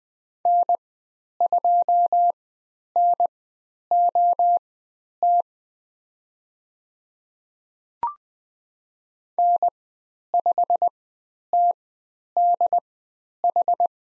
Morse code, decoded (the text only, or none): N2NOT N5TDH